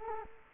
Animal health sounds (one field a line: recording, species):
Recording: mosquito wingbeat signal from an infrared sensor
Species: Culex quinquefasciatus